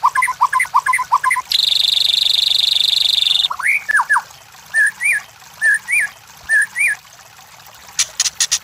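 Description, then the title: White-rumped shama song: rapid chattering notes, then a steady buzzing trill of about two seconds, then slurred whistles and evenly spaced short whistled phrases, with sharp clicks at the end. White-rumped shama song, used to train cage birds. "MURAI BATU LABAIK"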